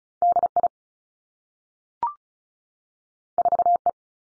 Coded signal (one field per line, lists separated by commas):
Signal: Morse code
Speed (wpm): 36 wpm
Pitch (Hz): 700 Hz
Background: none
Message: D I 4 E